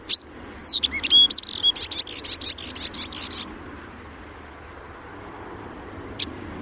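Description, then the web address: Blyth's reed warbler song: curving whistled notes lead into a rapid buzzy rattling series, then quiet with one brief high note near the end. "chant didier collin rousserolle des buissons"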